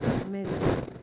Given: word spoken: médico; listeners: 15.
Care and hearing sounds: one Spanish word in noise, from a listening test; noise modulated by one talker; -7.5 dB; 0 of 15; 7 of 15; 0.63 s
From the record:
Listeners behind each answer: 7, 2, 2, 1, 1, 1, 1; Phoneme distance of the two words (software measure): 17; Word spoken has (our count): 3 syllables, 6 phonemes, stress on syllable 1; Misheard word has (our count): 2 syllables, 5 phonemes, stress on syllable 1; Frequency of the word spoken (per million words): 118.53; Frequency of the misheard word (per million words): 454.07

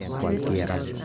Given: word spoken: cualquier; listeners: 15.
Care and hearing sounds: one Spanish word in noise, from a listening test; eight-talker babble; -1.4 dB; 1 of 15; 10 of 15; 0.65 s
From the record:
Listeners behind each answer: 10, 1, 1, 1, 1, 1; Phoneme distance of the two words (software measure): 7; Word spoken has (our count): 2 syllables, 8 phonemes, stress on syllable 2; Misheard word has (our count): 3 syllables, 9 phonemes, stress on syllable 2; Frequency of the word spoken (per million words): 362.88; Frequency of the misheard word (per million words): 72.91

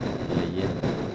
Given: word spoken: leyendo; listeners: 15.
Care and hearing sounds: one Spanish word in noise, from a listening test; noise modulated by three-talker babble; -4.4 dB; 4 of 15; 9 of 15; 0.75 s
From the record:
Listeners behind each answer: 9, 4, 1, 1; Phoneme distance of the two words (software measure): 10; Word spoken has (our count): 3 syllables, 7 phonemes, stress on syllable 2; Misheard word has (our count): 3 syllables, 7 phonemes, stress on syllable 2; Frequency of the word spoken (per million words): 16.73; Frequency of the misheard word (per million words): 21.73

